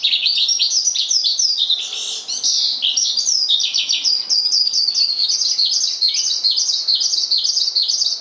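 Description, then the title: Javan bush lark song, a continuous rapid chatter of high twittering notes and sweeping phrases. "Suara Burung Branjangan"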